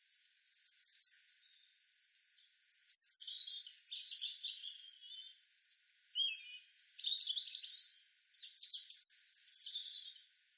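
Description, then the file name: European robin singing a near-continuous stream of high, tinkling warbles and sliding whistles, rising and falling in pitch with brief gaps. "Erithacus rubecula"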